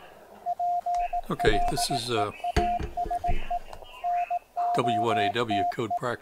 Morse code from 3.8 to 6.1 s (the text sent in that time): NOTE